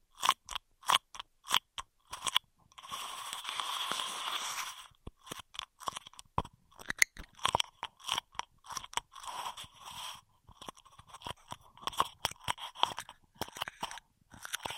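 Straw sounds come in a quick series of sharp, crackly crunches and taps, separated by brief silences. From about 3 to 5 seconds there is a longer, denser stretch of crinkling, and another around 9 to 10 seconds. The sounds are bright and papery, with little low rumble.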